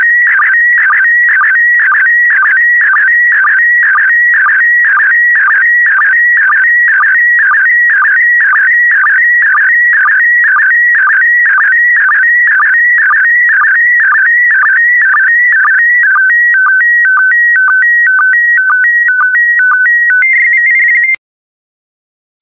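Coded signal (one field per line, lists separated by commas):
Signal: SSTV (slow-scan television)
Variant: PD120 mode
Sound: warbling tone alternating between two pitches, with short low chirps about twice per second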